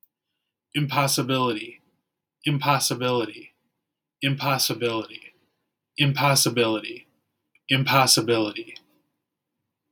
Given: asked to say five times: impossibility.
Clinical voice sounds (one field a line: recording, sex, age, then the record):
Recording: repeated word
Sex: male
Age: 30 to 39 years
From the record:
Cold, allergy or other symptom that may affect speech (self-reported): no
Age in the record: 36 years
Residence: Minnesota, United States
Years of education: 16